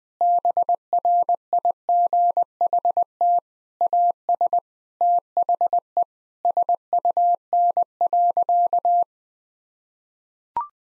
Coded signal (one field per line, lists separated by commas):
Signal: Morse code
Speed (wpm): 20 wpm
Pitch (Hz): 700 Hz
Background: none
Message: BRIGHT AS THE SUN.